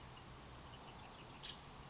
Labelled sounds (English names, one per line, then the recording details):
Nuttall's Woodpecker
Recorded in Sonoma County, California